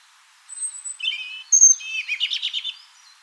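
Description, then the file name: European robin giving a very high thin whistle, then lower sweet notes and a sharp high squeal before a rapid, tumbling twittery flourish that fades out. "Erithacus rubecula"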